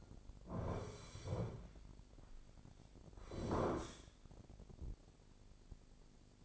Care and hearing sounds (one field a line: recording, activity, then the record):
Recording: daily activity, microphone in the room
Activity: sit down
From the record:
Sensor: 5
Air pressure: 1009.3 hPa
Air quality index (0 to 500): 154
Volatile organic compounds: 2 ppm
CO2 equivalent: 1184 ppm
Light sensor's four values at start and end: 280/670/285/313 and 279/669/285/312